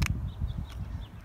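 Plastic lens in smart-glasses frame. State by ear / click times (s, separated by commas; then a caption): released / 0.1 s. A plastic sunglass lens is pushed down out of a smart-glasses frame, and the second lens snaps free with a sharp click at 0.1 s. Low rumble and faint handling noise follow, and the lens is released from the frame.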